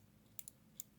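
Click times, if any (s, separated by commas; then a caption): none. The adjustable suspension on a 1/65 scale 1957 Chevy 150 Tradesman wagon diecast model car (West Coast Choppers, by Muscle Machines) is pressed down again. Small, sharp clicks come at about 0.4, 0.5 and 0.8 seconds over a quiet low hum. The suspension has not locked into the lowered position yet.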